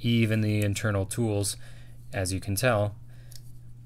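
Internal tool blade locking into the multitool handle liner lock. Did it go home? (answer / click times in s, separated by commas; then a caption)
no / none. Someone talks while an internal tool of a steel Leatherman Surge multitool is handled and swung open toward its liner lock in the handle. The clip ends before the part goes home, so the liner lock has not yet clicked into place and nothing has seated.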